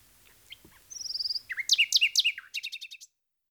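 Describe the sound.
Common nightingale song: a thin trill of repeated high notes, then loud rapid chattering and a quick run of repeated notes ending abruptly.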